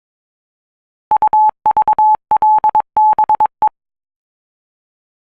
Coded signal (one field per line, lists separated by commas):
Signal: Morse code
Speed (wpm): 22 wpm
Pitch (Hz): 860 Hz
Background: none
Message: UVLBE